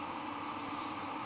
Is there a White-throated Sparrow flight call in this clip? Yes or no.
no